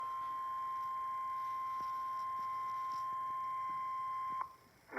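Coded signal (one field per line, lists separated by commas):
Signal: Emergency Alert System (SAME) tones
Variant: 1050 Hz attention tone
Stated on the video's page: Severe thunderstorm warning from NOAA Weather Radio, heard through an online stream.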